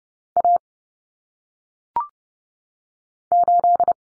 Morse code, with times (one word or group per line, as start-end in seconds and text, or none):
0.4-0.6 A
3.3-3.9 8